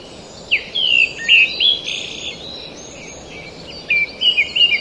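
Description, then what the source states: Pale thrush calling with a quick run of thin, slurred whistled notes, then a pause and another short burst of chattering notes, over constant background hiss. Recorded in Taiwan.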